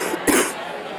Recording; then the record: coughing mixed with background sound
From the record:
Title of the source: 34 coughing up crap again